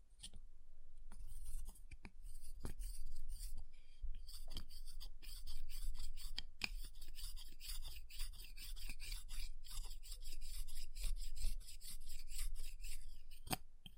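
Ice being scratched and carved, with a steady rasping, filing-like texture that runs almost the whole way through, bright and dense. Sharp taps cut in irregularly, clustered near the start and scattered across the rest, over a low constant rumble underneath.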